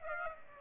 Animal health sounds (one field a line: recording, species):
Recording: mosquito wingbeat signal from an infrared sensor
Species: Aedes aegypti